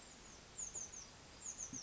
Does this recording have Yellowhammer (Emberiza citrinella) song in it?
no